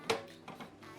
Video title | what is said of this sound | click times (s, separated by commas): HP DeskJet Full Setup - Install Ink Cartridges - Load Paper - WIFI Setup & Print !! | push it upwards and you hear a click | 0.1 s